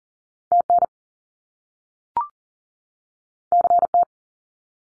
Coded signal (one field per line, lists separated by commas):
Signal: Morse code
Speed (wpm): 40 wpm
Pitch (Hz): 700 Hz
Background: none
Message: TN CT